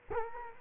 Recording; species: mosquito wingbeat signal from an infrared sensor; Culex quinquefasciatus